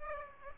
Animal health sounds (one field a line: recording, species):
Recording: mosquito wingbeat signal from an infrared sensor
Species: Aedes aegypti